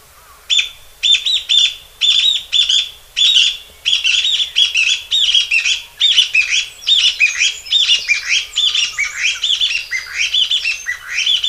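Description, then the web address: Chinese bamboo partridge calling in a loud, rapid series of harsh, squawky phrases, with short gaps between them at first and running together toward the end. "sikioto. kojyukei"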